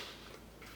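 A sewn-in magnet, just repositioned in a fabric mini binder closure, is brought toward its mating magnet. Only quiet, steady handling noise with faint soft ticks is heard. Nothing has seated or clicked yet.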